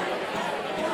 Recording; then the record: coughing mixed with background sound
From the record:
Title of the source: Mid-morning Winter Coughing Fit